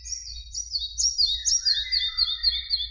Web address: Ficedula parva